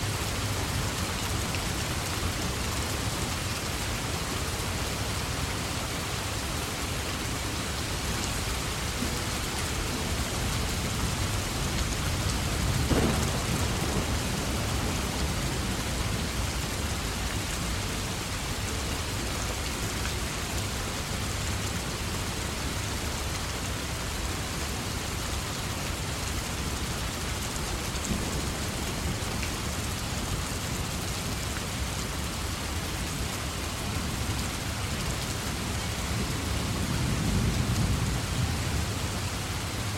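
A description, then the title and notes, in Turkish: Steady, dense rain hisses evenly throughout, with a faint low rumble underneath and a brief louder patter near thirteen seconds. Yağmurun rahatlatıcı sesini dinleyerek.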